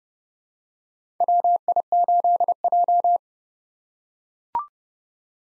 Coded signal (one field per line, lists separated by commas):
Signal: Morse code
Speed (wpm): 30 wpm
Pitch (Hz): 700 Hz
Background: none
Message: WI8J